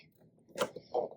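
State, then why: Seated. The small metal carriage lock lever on a blue 1959 Olympia portable travel typewriter is moved while the carriage is centered. After a broadband rustle near 0.6 s, the lever gives a short, sharp click at 0.8 s as the lock engages, and a further rustle follows around 1.0 s. The lock is seated and the carriage can no longer move.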